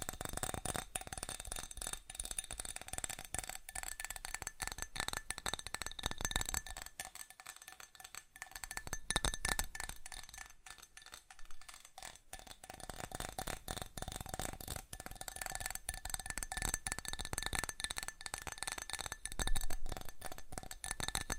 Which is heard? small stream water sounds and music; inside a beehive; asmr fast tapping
asmr fast tapping